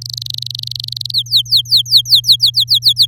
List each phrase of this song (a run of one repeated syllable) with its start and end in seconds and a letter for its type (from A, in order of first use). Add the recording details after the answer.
0.01-1.12 A, 1.14-3.06 B. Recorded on 7 May 2018 at 15:29. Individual llb16